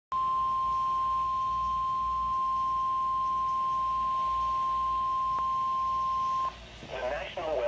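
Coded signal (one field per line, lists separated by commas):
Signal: Emergency Alert System (SAME) tones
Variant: 1050 Hz attention tone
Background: speech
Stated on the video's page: Flash Flood Statement recorded from NOAA Weather Radio station WXL58.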